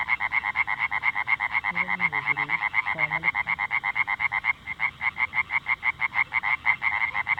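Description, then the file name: Oriental tree frog calling, quick regular croaking pulses, with two short low tonal sounds briefly underneath early on. "Hyla orientalis"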